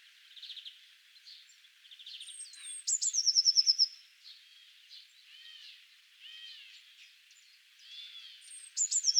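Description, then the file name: Eurasian blue tit song: high thin notes, then a rapid ringing trill at about three seconds, with the song starting again near the end. "Cyanistes caeruleus"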